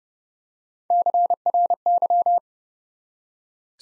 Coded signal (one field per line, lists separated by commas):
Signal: Morse code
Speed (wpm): 30 wpm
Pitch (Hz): 700 Hz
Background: none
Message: CRY